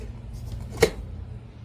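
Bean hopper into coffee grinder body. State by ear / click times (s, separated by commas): seated / 0.8 s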